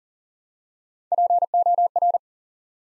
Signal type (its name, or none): Morse code